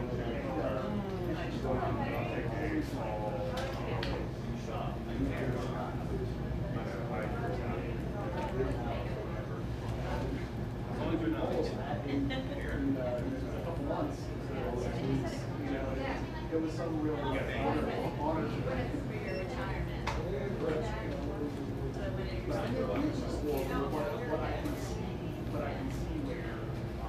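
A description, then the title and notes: A buzzing coffee shop full of overlapping conversation, many voices talking at once in a steady, dense murmur. A low hum runs underneath throughout, with occasional clinks and brief sharper sounds scattered across the half-minute, and the overall level never really rises or falls. A buzzing coffee shop.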